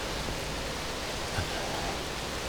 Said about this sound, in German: Das war jetzt der Überlauf von einem der oberen, ja, Wasserwege runter in den Kaltenbach.